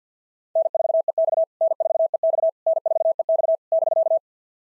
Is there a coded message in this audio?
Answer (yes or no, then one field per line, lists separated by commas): yes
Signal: Morse code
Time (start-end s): 0.6-4.2 s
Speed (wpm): 47 wpm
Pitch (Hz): 660 Hz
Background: none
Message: N4EX N4EX N4EX <BK>